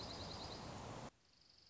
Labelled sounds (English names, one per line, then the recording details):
Dark-eyed Junco
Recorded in Sonoma County, California